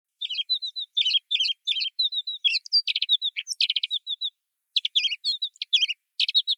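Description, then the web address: Alpine accentor calling: quick bursts of high, sweet chirps and short trills mixed with thin whistled notes, broken by a brief pause, in an otherwise silent background. "iwahibari"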